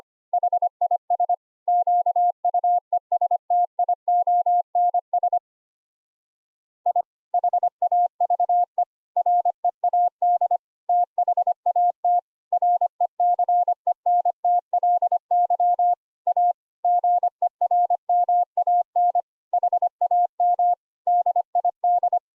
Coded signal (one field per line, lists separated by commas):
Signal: Morse code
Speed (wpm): 25 wpm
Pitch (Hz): 710 Hz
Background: none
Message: HIS QUESTIONS I HAVE READ THAT RECENTLY A GERMAN HAM DID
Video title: Morse Code audio QSO over IP - using the WIRE DESKTOP APP